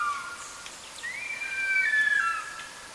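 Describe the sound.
Bird song: a short whistled phrase that rises, holds level, then drops, over a light hiss.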